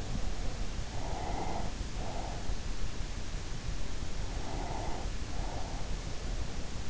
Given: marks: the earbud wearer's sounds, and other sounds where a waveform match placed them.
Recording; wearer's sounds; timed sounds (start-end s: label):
sounds in sleep by an in-ear microphone; breath
0.68-2.82 s: breath
4.19-6.42 s: breath